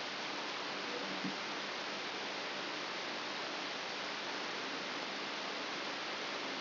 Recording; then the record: brain microelectrode recording played as sound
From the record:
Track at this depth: inside the subthalamic nucleus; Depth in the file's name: 5.101 mm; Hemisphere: left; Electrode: 3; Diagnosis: Parkinson's disease